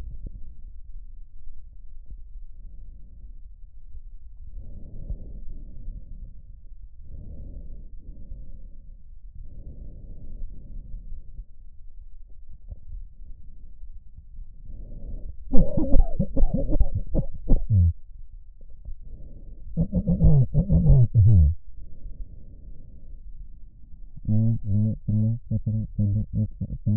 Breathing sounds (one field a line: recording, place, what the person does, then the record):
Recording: lung sounds by stethoscope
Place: right posterior apical chest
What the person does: quiet breathing, then cough and speech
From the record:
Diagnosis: none (healthy)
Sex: male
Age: 45 years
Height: 173 cm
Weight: 92 kg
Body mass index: 30.7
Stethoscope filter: extended mode